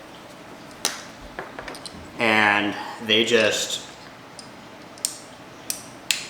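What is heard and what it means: A Peak Design Slide Light camera strap's anchor connector is pushed one-handed onto a strap anchor point on a Canon EOS R camera, with light handling clicks around 0.9, 5.1 and 5.7 seconds while someone talks in between. The connector snaps into place with a sharp click at 6.1 seconds, seated.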